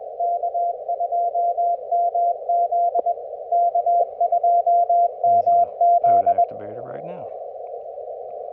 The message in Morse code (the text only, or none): K2MZ K2MZ